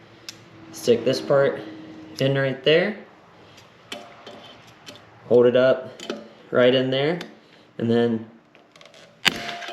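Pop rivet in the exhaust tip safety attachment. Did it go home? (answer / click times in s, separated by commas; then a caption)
yes / 9.3 s. Someone talks while a hand rivet tool is squeezed to set a metal pop rivet holding the safety attachment on a Coffman's Shorty exhaust tip on a 2022 Honda CBR500R motorcycle. A few small taps and clicks come before one sharp, loud snap at 9.3 s as the mandrel breaks. The rivet sets and is seated.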